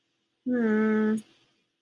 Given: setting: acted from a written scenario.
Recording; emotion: vocal sound without words; disappointment